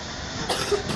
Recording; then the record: coughing mixed with background sound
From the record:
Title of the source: 30 Chesty and wet cough